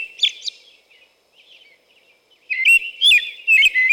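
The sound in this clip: American robin singing: a couple of brief high notes, a quieter stretch, then a run of rich whistled phrases rising and falling in quick succession.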